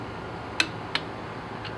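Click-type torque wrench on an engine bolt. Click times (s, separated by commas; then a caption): 0.6 s, 1.0 s. A click-type torque wrench is used to tighten a bolt on a BMW M54 engine during reassembly, going slower than needed to feel everything. Two sharp clicks are heard at 0.6 s and 0.95 s over a quiet background, with a faint tick near 1.7 s. The wrench clicks at its torque setting.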